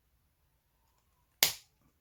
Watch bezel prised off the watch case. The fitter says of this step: and you hear a pop so you will have to use a bit of strength just trying to be still with it and press in one direction you don't want it